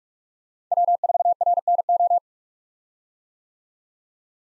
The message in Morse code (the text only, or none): W4RNO